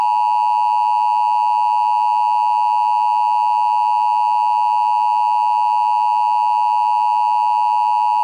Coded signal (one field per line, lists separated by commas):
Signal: Emergency Alert System (SAME) tones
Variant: 853 and 960 Hz attention tone